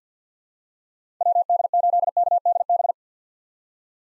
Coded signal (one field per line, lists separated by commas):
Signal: Morse code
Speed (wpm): 49 wpm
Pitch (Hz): 700 Hz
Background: none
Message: WD8KDB